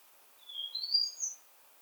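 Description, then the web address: European robin giving one faint, thin phrase that slides upward in pitch and ends in a high, sharp whistle. "SETE data Erithacus rubecula"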